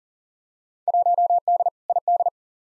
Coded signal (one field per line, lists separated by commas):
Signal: Morse code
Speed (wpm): 40 wpm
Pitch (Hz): 700 Hz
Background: none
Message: 1D ID